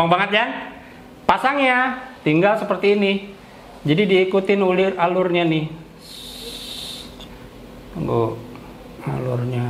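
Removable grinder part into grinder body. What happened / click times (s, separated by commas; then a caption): No seating click; part only being aligned / none. A removable grinder part is being fitted into the grinder body and lined up with its guide track, but nothing has seated or clicked yet. Someone talks throughout, with a brief soft hiss around 6–7 seconds and no hits or impacts.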